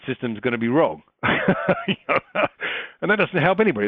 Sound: laugh

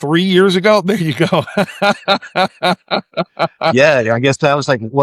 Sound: laughing

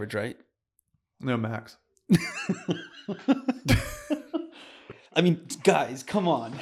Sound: laughing

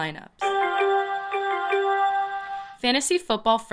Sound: ESPN notif

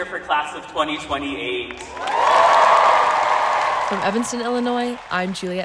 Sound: nat sound: cheering

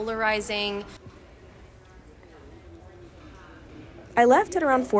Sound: natural sound: preparation chatter

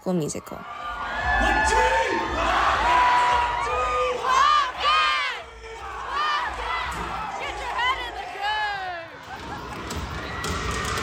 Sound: nat sound of Go Wildcats

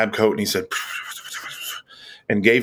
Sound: whispering noise

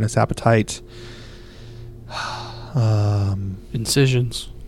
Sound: sigh

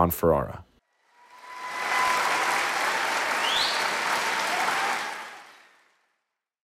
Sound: crowd clapping

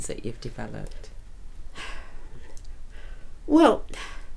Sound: sighs

